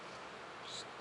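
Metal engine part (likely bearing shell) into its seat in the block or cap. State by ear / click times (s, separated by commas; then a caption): not seated / none. An engine bearing shell, a metal engine part, is slid and centered in its seat in the block or cap before being pushed down. The sound is a steady, faint, broadband hiss with a slight brighter swell near 0.7–0.8 s, and no distinct impacts. Nothing has seated or clicked yet.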